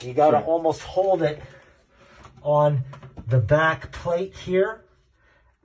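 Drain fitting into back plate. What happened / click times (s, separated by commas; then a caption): Handled, not yet home: drain part held in place, no click yet / none. A plumbing drain fitting is held against the back plate while someone talks, ready to be pushed until it clips in. Nothing has seated or clicked yet by the end of the clip.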